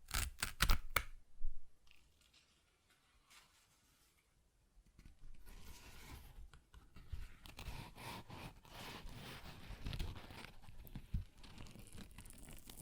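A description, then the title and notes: Paper is ripped in a few sharp, loud tears during the first two seconds, followed by near silence until about five seconds. From there a continuous rustling, crinkling and tearing runs to the end, busy and uneven, with occasional louder rips around eight and eleven seconds. ASMR Paper Ripping Tearing Sounds (No Talking).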